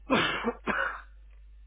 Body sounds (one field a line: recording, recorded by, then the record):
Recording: voluntary cough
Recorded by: telephone call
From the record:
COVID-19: negative